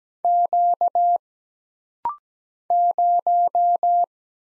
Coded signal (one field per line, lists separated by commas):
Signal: Morse code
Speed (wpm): 17 wpm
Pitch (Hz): 700 Hz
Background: none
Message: Q 0